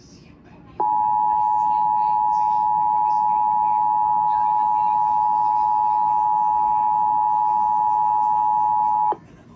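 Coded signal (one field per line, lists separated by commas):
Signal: Emergency Alert System (SAME) tones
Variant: 853 and 960 Hz attention tone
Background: speech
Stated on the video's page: Real severe thunderstorm and tornado warnings around Dallas-Fort Worth, received from NOAA Weather Radio on 162.550 and 162.400 MHz plus AM and FM broadcast stations.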